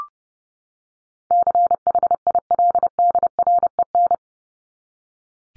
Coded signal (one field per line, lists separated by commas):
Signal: Morse code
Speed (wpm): 30 wpm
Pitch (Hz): 700 Hz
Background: none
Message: CHILDREN